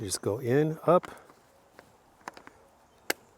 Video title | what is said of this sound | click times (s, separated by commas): This Commuter Ebike Is Nice! Mokwheel Tarmac ST Electric Bike | and snaps right into place. There you go. | 3.1 s